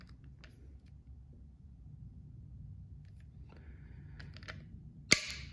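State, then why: Torque reached. A small torque wrench set to 15 inch-pounds drives a steel optic mounting screw into a screw-height jig, with faint ticks and light handling noise over a low hum. The wrench breaks over with a sharp click at 5.1 s, confirming the screw is tightened to the setting.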